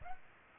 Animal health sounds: mosquito wingbeat signal from an infrared sensor; Aedes aegypti

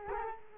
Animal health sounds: mosquito wingbeat signal from an infrared sensor; Culex quinquefasciatus

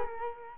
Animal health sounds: mosquito wingbeat signal from an infrared sensor; Culex quinquefasciatus

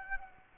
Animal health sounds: mosquito wingbeat signal from an infrared sensor; Aedes aegypti

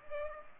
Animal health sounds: mosquito wingbeat signal from an infrared sensor; Culex pipiens

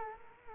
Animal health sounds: mosquito wingbeat signal from an infrared sensor; Culex quinquefasciatus

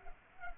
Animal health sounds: mosquito wingbeat signal from an infrared sensor; Culex pipiens

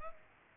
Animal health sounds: mosquito wingbeat signal from an infrared sensor; Culex pipiens

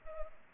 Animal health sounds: mosquito wingbeat signal from an infrared sensor; Culex pipiens

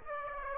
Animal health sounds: mosquito wingbeat signal from an infrared sensor; Aedes aegypti

